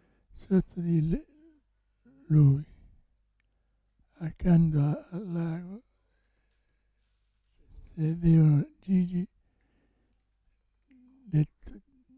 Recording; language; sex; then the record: read passage; Italian; male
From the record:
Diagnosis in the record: Parkinson's disease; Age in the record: 65 years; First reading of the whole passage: 164 s, 3.2 characters per second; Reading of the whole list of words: 151 s, 1.9 characters per second